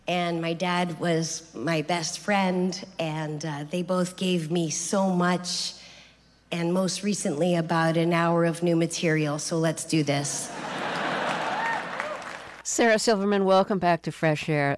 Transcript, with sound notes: and my dad was my best friend. And they both gave me so much and, most recently, about an hour of new material. So let's do this.
(LAUGHTER)
Sarah Silverman, welcome back to FRESH AIR.